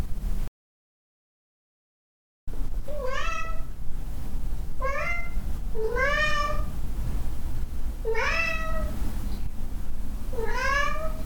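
Cat meowing repeatedly, five short mews after an initial gap, over low background noise.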